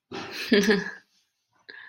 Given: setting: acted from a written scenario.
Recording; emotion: vocal sound without words; romantic love